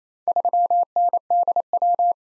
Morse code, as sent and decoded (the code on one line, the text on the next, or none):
...-- -. -.. .--
3NDW